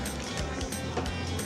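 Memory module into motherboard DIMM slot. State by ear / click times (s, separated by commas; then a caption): not seated / none. A child pushes a second RAM stick straight down with both hands into a motherboard DIMM slot, working toward the retention clips. Over steady background music there is a brief sharp sound at 0.6 s. The memory module has not seated or clicked into the slot yet.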